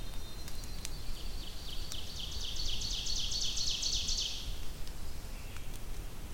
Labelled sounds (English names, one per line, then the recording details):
Ovenbird song
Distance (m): 50 m
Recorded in boreal forest in Alberta, Canada, on 2 June 2016 at 08:06
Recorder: SongMeter 3, array SBT-3-7
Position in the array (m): 259 m, 15 m
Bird 10